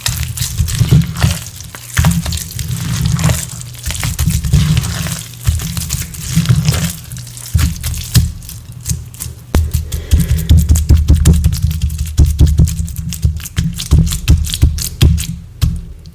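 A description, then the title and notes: Gym chalk and soft slabs are crushed and squeezed, giving a dense crackling crunch with a thick low squelch underneath. Sharp snapping clicks scatter throughout, growing busier and more rapid after about eight seconds, with brief pauses between squeezes. ASMR gym chalk reforms water crush including confetti slabs, instant snow reforms, and mudpie slabs crushed.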